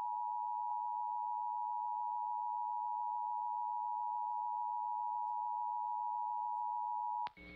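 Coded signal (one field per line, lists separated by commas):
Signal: Emergency Alert System (SAME) tones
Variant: 853 and 960 Hz attention tone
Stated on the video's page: Pennsylvania statewide required monthly tests from four TV stations; one failed, going near silent after the first attention tone.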